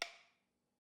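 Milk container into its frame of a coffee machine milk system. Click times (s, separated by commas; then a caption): 0.0 s. The plastic milk container of a Philips EP 2231/40 (LatteGo 2200) coffee machine's milk system is hooked into the top of its frame and pressed down at the bottom. A single short, sharp click sounds at 0.0 s, followed by a brief ringing decay, as the container latches and seats in the frame.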